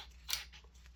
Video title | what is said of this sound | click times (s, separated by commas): APFG MCX Rattler GBBR (VFC) [4K] | so like that you'll hear it and that means you can't back the suppressor off you can turn it which is slightly annoying | 0.3 s